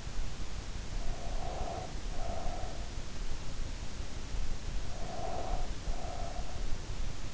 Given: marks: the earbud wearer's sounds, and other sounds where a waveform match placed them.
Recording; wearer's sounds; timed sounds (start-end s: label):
sounds in sleep by an in-ear microphone; breath
0.95-3.02 s: breath
4.87-6.71 s: breath